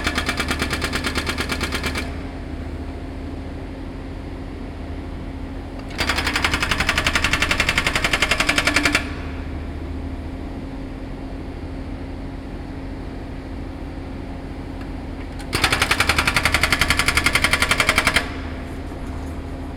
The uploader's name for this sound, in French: Travaux publics